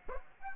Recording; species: mosquito wingbeat signal from an infrared sensor; Aedes aegypti